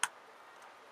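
A small metal NAA mini revolver is pushed back into its belt buckle holder, which comes with a speed loader, and it snaps in with a single sharp, bright click at 0.0 s. Only faint low background hiss follows for the rest of the second. The revolver is locked in place and ready to go.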